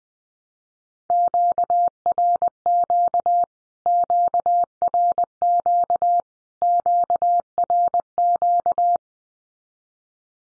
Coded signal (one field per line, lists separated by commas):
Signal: Morse code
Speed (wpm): 20 wpm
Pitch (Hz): 700 Hz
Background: none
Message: QRQ QRQ QRQ